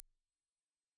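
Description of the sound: A steady, very high-pitched pure tone of 12,000 Hz lasts about one second and fades slightly at the end. It serves as a simple hearing check: failing to hear it may mean the start of hearing loss, since high pitches are lost first with age. The human ear is made to perceive frequencies up to 16,000 Hz.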